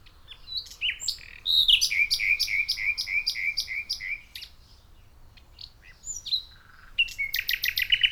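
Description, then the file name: Common nightingale singing, a fast series of repeated chirping notes, then a pause and rich varied phrases ending in a dense buzzy burst. "Luscinia megarhynchos"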